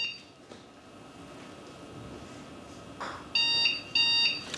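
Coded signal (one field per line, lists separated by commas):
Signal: beep code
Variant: PC BIOS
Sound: quiet room, then repeating short buzzy computer beeps, two full beeps before cutoff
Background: quiet room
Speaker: किसी भी पुरानी कंप्यूटर के अंदर इस तरह की सामने आती है जैसे कि आपको सुनाता हूं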